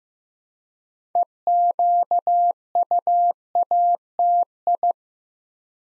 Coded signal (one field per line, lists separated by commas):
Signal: Morse code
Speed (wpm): 15 wpm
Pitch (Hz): 700 Hz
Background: none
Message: EQUATI